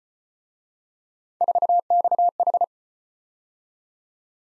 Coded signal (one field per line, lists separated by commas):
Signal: Morse code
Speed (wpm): 34 wpm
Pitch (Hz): 700 Hz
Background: none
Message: 4XH